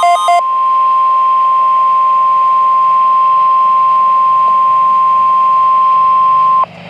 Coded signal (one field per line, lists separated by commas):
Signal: Emergency Alert System (SAME) tones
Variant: 1050 Hz attention tone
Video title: + Siren Ambience | BMX Required Weekly Test | [EAS #366] | 8/15/26